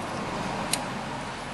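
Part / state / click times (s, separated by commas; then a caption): wiring harness connector onto vehicle speed sensor / seated / 0.7 s. The electrical wiring harness connector is pushed onto a replacement vehicle speed sensor on the transmission of a Nissan Maxima, as part of a P0720 repair. One sharp, brief click rings out at 0.7 s over steady low background noise. The connector is confirmed snapped fully in place.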